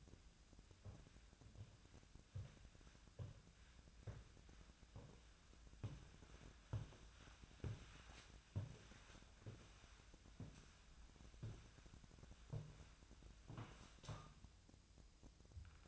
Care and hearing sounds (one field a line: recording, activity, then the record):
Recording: daily activity, microphone in the room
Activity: walk to room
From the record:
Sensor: 2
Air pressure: 1009.9 hPa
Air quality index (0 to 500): 176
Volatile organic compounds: 10 ppm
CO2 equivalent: 2207 ppm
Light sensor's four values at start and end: 35/87/37/41 and 35/86/37/41